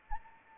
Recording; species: mosquito wingbeat signal from an infrared sensor; Anopheles arabiensis